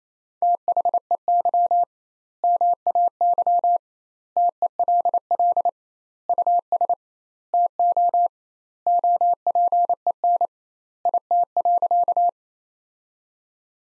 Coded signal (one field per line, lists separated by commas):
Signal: Morse code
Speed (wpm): 28 wpm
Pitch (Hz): 700 Hz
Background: none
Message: THEY MAY TELL US TO OPEN IT.